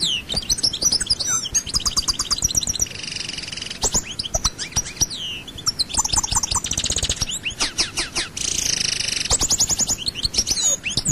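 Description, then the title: European goldfinch song, a dense, tinkling twitter of rapid high notes, buzzy trills and sliding whistles, running almost without pause. "Chant Chardonneret"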